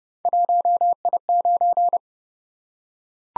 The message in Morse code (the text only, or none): 1I9